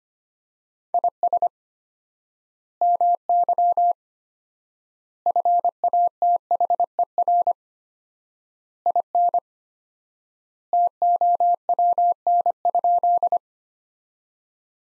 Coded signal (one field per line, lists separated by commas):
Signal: Morse code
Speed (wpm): 25 wpm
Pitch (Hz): 700 Hz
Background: none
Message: IS MY FATHER IN TOWN?